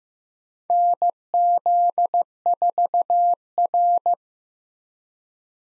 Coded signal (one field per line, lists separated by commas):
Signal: Morse code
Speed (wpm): 15 wpm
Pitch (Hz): 700 Hz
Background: none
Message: NZ4R